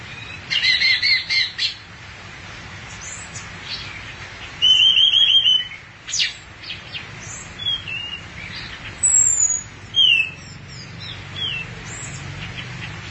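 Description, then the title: Thrush song in scattered phrases: a quick chattering burst, a loud trill, then sharp high whistles and slurred notes over steady background hiss. "burung anis x"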